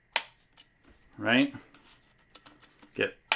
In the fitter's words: and you'll hear the click is going to be much quieter because it's way less torque.